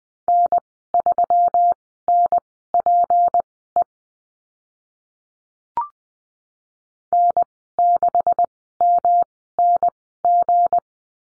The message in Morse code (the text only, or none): N3NPE N6MNG